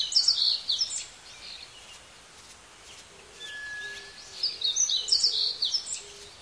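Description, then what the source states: Forest bird flock chattering in two bursts of high, busy chirps with a quieter stretch between, plus a thin whistle and a few soft low notes. Flock calling in green forest.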